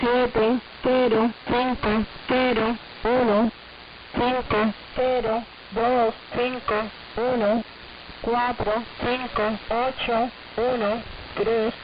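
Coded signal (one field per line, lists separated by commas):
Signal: numbers station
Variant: HM01, Spanish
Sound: a voice reading Spanish digits one by one at an even, steady pace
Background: radio static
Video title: 23 01 2023 Numbers HM01 Cuban Spy in Spanish 1700 on 11530 Bejucal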